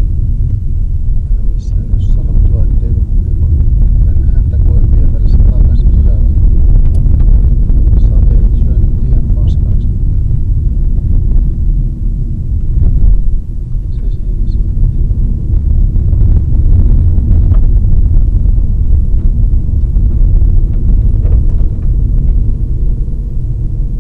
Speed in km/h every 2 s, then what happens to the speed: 35, 39, 38, 43, 45, 46, 44, 43, 41, 39, 43, 48.
0-9 speeds up to 46. 9-18 slows to 39. 18-24 speeds up to 48.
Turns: none.